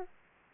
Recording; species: mosquito wingbeat signal from an infrared sensor; Aedes aegypti